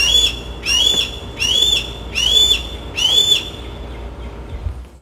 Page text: A few weeks ago, a pair of red-tailed hawks took up residence in the neighborhood. One or both of them can be heard calling throughout the day.